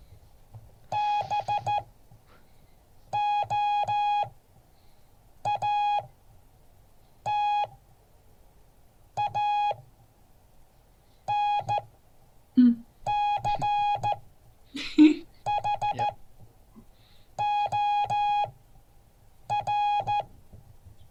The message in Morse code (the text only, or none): BOATANCHOR